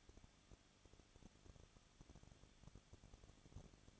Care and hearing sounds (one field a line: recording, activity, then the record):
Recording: daily activity, microphone in the room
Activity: no activity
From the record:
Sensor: 4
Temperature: 23.0 degrees Celsius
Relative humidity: 34.6%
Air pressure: 1007.2 hPa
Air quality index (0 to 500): 216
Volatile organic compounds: 15 ppm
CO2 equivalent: 2500 ppm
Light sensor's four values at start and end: 2/3/1/1 and 2/3/1/1